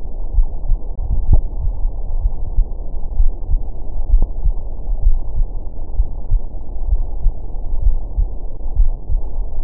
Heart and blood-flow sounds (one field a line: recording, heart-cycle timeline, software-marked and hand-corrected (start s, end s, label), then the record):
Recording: heart sounds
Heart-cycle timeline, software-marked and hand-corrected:
0.00	0.34	diastole
0.34	0.46	S1
0.46	0.68	systole
0.68	0.78	S2
0.78	1.28	diastole
1.28	1.42	S1
1.42	1.60	systole
1.60	1.72	S2
1.72	2.16	diastole
2.16	2.30	S1
2.30	2.56	systole
2.56	2.66	S2
2.66	3.18	diastole
3.18	3.32	S1
3.32	3.50	systole
3.50	3.60	S2
3.60	4.10	diastole
4.10	4.26	S1
4.26	4.46	systole
4.46	4.56	S2
4.56	5.04	diastole
5.04	5.18	S1
5.18	5.36	systole
5.36	5.48	S2
5.48	5.98	diastole
5.98	6.08	S1
6.08	6.32	systole
6.32	6.42	S2
6.42	6.88	diastole
6.88	7.00	S1
7.00	7.24	systole
7.24	7.34	S2
7.34	7.84	diastole
7.84	7.96	S1
7.96	8.18	systole
8.18	8.28	S2
8.28	8.78	diastole
8.78	8.92	S1
8.92	9.10	systole
9.10	9.22	S2
9.22	9.64	diastole
From the record:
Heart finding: coronary artery disease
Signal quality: good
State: rest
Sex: female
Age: 70 years